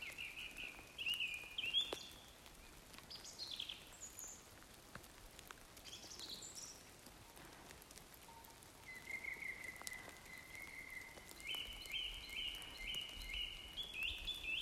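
Forest birds sing over a steady, soft hiss like light rain or dripping leaves. A bright whistled call opens the clip, then after a quieter stretch a bird repeats a level, piping phrase again and again from about nine seconds to the end.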